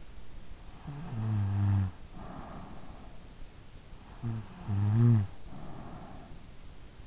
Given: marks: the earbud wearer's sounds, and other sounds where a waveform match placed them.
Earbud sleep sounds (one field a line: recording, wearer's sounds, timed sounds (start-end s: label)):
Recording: sounds in sleep by an in-ear microphone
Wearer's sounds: snoring breath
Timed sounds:
0.81-3.16 s: snoring breath
4.14-6.49 s: snoring breath